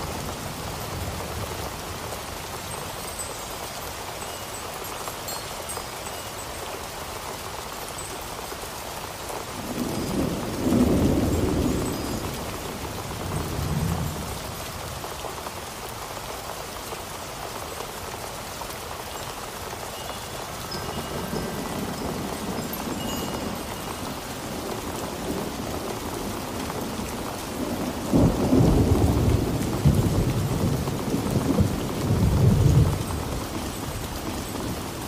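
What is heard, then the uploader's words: A storm: steady rain hisses across the whole clip as a dense, even wash. Low rumbles of thunder roll in around eleven and fourteen seconds, then a longer, heavier spell builds from about twenty-one seconds and peaks near twenty-eight to thirty-three. A Relaxing Storm.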